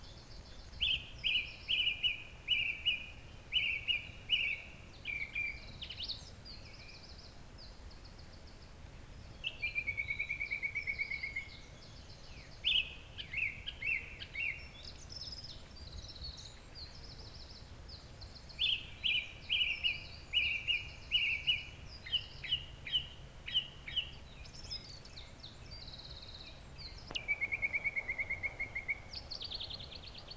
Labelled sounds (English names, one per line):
Song Thrush song